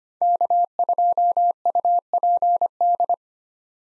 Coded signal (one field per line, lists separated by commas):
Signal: Morse code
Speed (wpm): 25 wpm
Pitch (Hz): 700 Hz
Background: none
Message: K2UPD